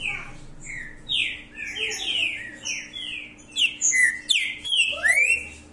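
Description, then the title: Green-winged saltator delivering a run of clear, descending whistled notes, growing louder and more varied toward the end, with high-pitched twitters. Said to sing like this constantly, all year round. "Canto De Trinca Ferro Voz 07. O ANO TODO DESSE JEITO, ESSE TRINCA FERRO CANTA DIRETO"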